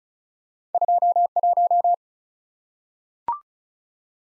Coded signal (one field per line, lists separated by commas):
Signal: Morse code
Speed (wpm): 36 wpm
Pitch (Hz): 700 Hz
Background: none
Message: 21